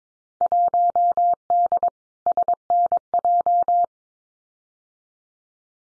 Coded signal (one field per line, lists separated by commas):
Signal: Morse code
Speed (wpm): 22 wpm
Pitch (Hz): 700 Hz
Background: none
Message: 1D SNJ